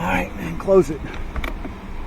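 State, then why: Seated. Someone talks as the reinstalled plastic glove box door on a 2017 Ford Fiesta's dashboard, refitted during a recirculation actuator clicking repair, is pushed closed. Its latch catches with a short click at 1.4 s, and the door is seated shut.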